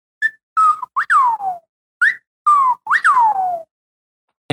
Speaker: The chuckwill's widow, a lot of people call it the whippoorwill, but it sounds like it's saying its name, chuckwill's widow.